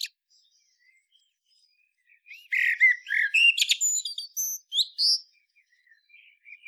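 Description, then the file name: Common blackbird song, after a quiet start a loud burst of fluted warbling and high squeaky flourishes, trailing into soft twitters. "Turdus merula"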